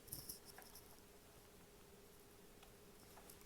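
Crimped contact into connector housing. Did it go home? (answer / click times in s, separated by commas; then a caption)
no / none. A crimped metal contact on 10 AWG wire is pushed by hand into a plastic PP45 Powerpole connector housing, giving a few faint ticks and scrapes in the first 0.6 s and a couple more near 2.6 s and 3.3 s over a steady low hum. The contact does not go in, and nothing has seated or clicked yet.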